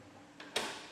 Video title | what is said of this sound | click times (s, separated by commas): etrailer - Saris SuperClamp Bike Rack for 2 Bikes Review - 2021 Nissan Murano - SAR84YR | All you have to do for that is to push up on the bike till this clicks into place. | 0.6 s